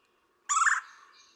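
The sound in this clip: Red-bellied woodpecker uttering a single rolled, trilled churr note, brief and harsh with a pulsing quality, followed by faint fading sounds.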